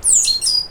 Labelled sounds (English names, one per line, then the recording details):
Stitchbird song
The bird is a male
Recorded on Tiritiri Matangi Island, New Zealand, in 2005
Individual 12, of nest box 16